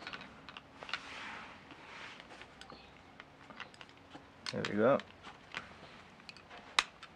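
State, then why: Partly seated. A fuel pump component is pushed into its pump housing/bracket during reassembly, giving a sharp click at 6.8 s among faint scattered ticks, a brief louder rustle near 4.6–5.0 s, and someone talking. The part is only partly in place: one side is not fully seated.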